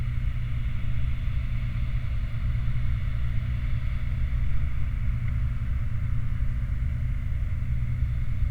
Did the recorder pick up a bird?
no